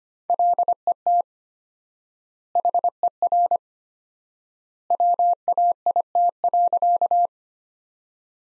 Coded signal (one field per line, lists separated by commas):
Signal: Morse code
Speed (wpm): 25 wpm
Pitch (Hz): 700 Hz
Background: none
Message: LET HER WAIT.